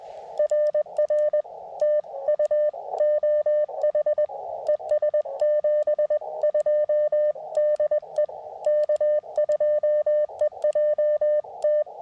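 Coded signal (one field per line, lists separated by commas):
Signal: Morse code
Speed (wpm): 21 wpm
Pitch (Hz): 590 Hz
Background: none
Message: RR TU OH ES 72 DE K2EJT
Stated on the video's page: QRP park activation sent on a BaMaTech TP-III key into an Elecraft KX2 with a Tufteln 9:1 41-foot end-fed random wire; busy bands, so-so copy.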